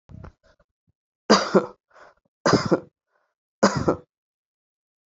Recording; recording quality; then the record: shallow voluntary cough; excellent, no background noise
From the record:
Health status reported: healthy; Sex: male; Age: 44 years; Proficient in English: yes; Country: India